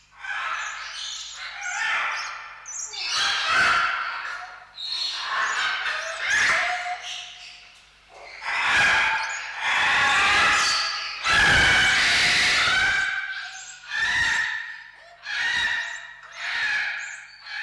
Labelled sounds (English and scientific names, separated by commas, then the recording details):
Hyacinth Macaw (Anodorhynchus hyacinthinus) call
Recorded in captivity
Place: Zoo Berlin, Berlin, DE
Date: 1995-03-04 10:43
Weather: heiter bis wolkig, 1 - 5°C
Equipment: Marantz CP 130, Sennheiser ME 80, Kopie Uher Variocord 263
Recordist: Tembrock, Günter